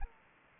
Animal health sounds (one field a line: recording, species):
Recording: mosquito wingbeat signal from an infrared sensor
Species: Aedes aegypti